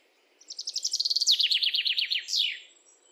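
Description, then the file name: Common chaffinch singing one rapid series of high notes that steps downward in pitch, ending in a sharp sweeping flourish. "Fringilla coelebs"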